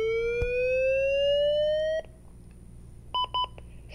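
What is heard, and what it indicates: A steadily rising whine for nearly two seconds, then quick beeps: an automated external defibrillator (AED) charging before a shock. The shock has been advised, and the device prompts everyone to stand clear and to push to shock.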